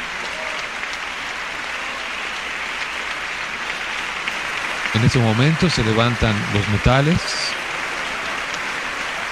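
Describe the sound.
A symphony concert audience applauds in a steady, dense wash of clapping that holds at an even level throughout, an ovation as the orchestra's soloists stand after the symphony's four movements, with a voice briefly speaking over the ovation midway through.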